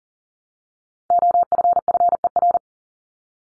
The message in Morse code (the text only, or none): OFFER